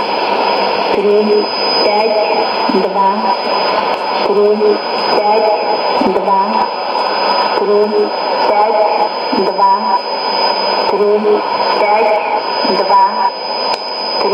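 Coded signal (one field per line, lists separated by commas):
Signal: numbers station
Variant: S06s, Russian female voice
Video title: 10 10 2017 Numbers station S06s Russian Lady in Russian to Eu 0800 on 11635 unknown tx site in CUSB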